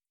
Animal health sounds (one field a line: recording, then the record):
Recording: hydrophone in a shrimp aquaculture tank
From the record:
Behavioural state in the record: feeding